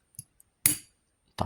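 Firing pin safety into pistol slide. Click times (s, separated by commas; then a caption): 0.7 s. The firing pin safety is pushed as deep as possible into the steel slide of a CZ-27 pistol, with a few faint ticks before a single loud, sharp click at 0.7 s. The click shows the safety has seated correctly in the slide, and a brief rustling handling noise follows near the end.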